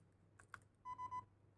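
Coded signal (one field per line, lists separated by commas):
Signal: beep code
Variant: Zius electronic trigger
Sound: two quick clicks, then three short closely spaced beeps at about 1 kHz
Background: clicks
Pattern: 3 short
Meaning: The trigger system recognizes a 3S battery powering the blaster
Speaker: all right three beeps that indicates that the system now recognize that is a 3s battery that is powering the Bluster right now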